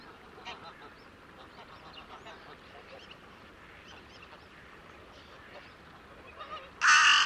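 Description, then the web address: Bird giving a single loud, harsh caw at the very end after several seconds of faint, scattered chirps. "cianscape. Deverinetal 2025. Bird Only"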